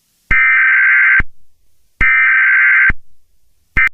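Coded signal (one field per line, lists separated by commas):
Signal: Emergency Alert System (SAME) tones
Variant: header bursts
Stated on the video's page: Fictional EAS scenario with simulated alert tones.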